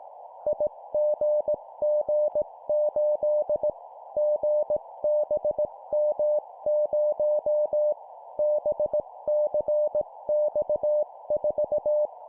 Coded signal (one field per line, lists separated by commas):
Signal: Morse code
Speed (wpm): 18 wpm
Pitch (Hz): 600 Hz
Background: none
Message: IGG8 GBM0 BCX4